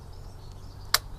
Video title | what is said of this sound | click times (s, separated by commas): Umarex Legends Cowboy Lever Action Rifle - Overview | I heard it click in and you can load them just like you would | 0.9 s